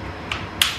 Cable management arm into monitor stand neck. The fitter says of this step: And it just snaps right into place.